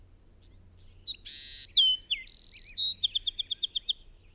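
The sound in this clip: Bird song opening with soft chirps, then a rasping buzz, sliding whistles and a fast rattling trill of repeated high notes.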